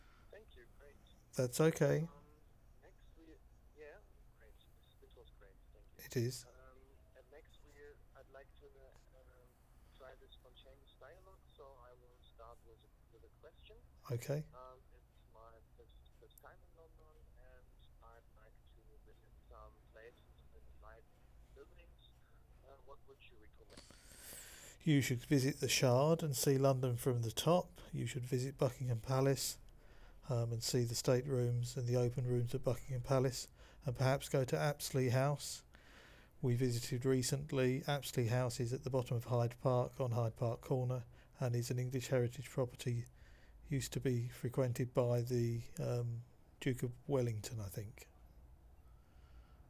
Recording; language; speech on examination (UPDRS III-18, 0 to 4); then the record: conversation on a phone call; English; 0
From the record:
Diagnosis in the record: Parkinson's disease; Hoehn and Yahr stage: 2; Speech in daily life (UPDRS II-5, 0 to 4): 0